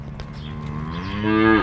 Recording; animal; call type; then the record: contact call of a hoofed animal; cattle; low-frequency (closed-mouth) or high-frequency (open-mouth) call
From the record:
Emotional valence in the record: negative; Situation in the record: full separation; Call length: 1.63 s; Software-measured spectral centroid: 1450 Hz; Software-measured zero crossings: 1220 a second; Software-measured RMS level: -22 dBFS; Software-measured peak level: -3 dBFS